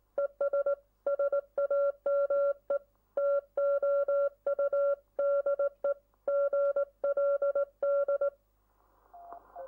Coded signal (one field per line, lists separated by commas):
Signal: Morse code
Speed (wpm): 17 wpm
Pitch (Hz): 560 Hz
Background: none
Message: ES SAME TO U DE GLD